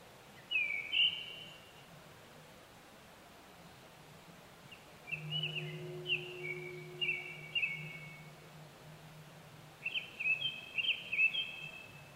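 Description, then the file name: Japanese thrush song in varied whistled phrases, one early note then rapid sequences of clear slurred whistles from about five seconds on, with a low hum midway. Recorded 25 April 2010 at 18:00. "kurotugumi-20100425-1800"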